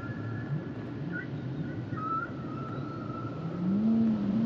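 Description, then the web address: Whale song: thin tonal whistles and a steady high note, then a louder low moaning tone that rises and wavers near the end, over a constant broad hiss. "Natures Songs Whale Songs Whales and Dolphins - whale nature sounds songs"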